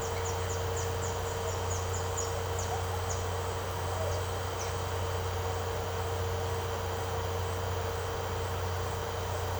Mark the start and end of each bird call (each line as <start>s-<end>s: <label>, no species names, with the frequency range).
0.00s-3.19s: bird call (4.0-8.6 kHz)
4.08s-4.75s: bird call (3.8-7.2 kHz)